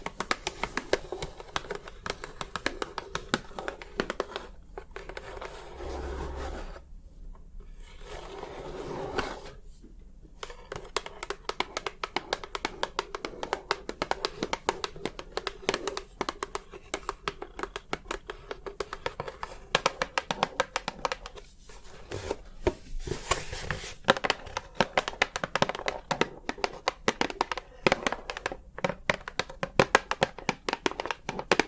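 Rapid tapping runs through most of the recording, dense clusters of sharp clicks over a low steady hum. Brief pauses break it near 5, 7 and 10 seconds, and the taps grow louder and busier after about 23 seconds, with some crinkling mixed in.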